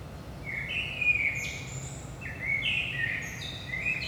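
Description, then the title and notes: Common blackbird giving short flute-like phrases that run into high, scratchy twittering notes, back to back, above a low steady rumble. Recorded at 5 am, early morning, in Saint-Gilles, Belgium, with a DPA 4060 pair in AB position into a Zoom F3. "Saint-Gilles, Belgique - 5am Blackbird. Blackbird in the morning. Merle au petit matin"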